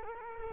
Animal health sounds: mosquito wingbeat signal from an infrared sensor; Culex quinquefasciatus

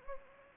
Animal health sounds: mosquito wingbeat signal from an infrared sensor; Anopheles gambiae

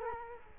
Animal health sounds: mosquito wingbeat signal from an infrared sensor; Culex quinquefasciatus

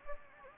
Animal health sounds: mosquito wingbeat signal from an infrared sensor; Anopheles gambiae

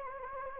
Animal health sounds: mosquito wingbeat signal from an infrared sensor; Anopheles gambiae

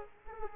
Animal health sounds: mosquito wingbeat signal from an infrared sensor; Aedes aegypti

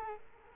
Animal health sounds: mosquito wingbeat signal from an infrared sensor; Culex quinquefasciatus

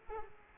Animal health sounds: mosquito wingbeat signal from an infrared sensor; Aedes aegypti

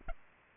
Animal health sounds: mosquito wingbeat signal from an infrared sensor; Aedes aegypti

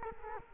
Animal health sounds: mosquito wingbeat signal from an infrared sensor; Culex quinquefasciatus

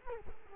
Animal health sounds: mosquito wingbeat signal from an infrared sensor; Culex quinquefasciatus

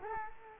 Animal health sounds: mosquito wingbeat signal from an infrared sensor; Culex quinquefasciatus

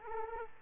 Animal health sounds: mosquito wingbeat signal from an infrared sensor; Culex quinquefasciatus

